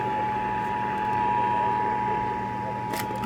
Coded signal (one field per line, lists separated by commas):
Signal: Emergency Alert System (SAME) tones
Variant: 853 and 960 Hz attention tone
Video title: FFW on WXJ84 and WCHS (8/2/22) EAS 1339 and 1340